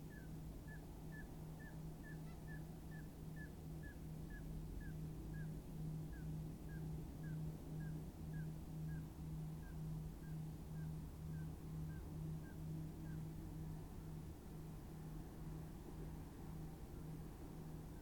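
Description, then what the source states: Common scoters giving short, soft piping whistles, about two a second in a steady series for roughly 13 seconds and then stopping, over a constant low hum and background noise. More than one common scoter.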